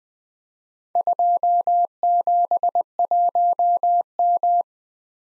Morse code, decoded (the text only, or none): 271M